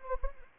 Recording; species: mosquito wingbeat signal from an infrared sensor; Anopheles gambiae